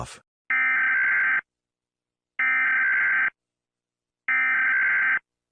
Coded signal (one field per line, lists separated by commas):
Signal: Emergency Alert System (SAME) tones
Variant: header bursts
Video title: IXL’s revenge - a EAS scenario